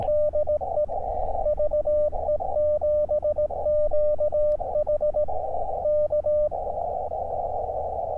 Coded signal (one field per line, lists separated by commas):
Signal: Morse code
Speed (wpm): 18 wpm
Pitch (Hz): 600 Hz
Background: radio noise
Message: DE VE7QH K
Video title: KX2 is back baby! | SOTA up at Dufferin Hill Oct 29, 2022